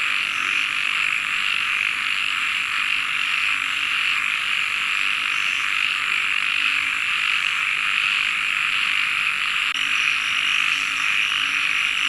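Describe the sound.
Massed frog calls form an unbroken high, shimmering trill, with occasional softer low notes underneath throughout.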